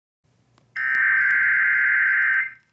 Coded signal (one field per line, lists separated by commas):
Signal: Emergency Alert System (SAME) tones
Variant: header bursts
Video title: Tornado Watch #569 on WFAE 90.7 FM | EAS #3148 (11/11/2022)